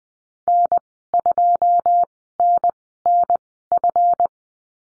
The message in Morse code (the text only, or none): N 2 N N F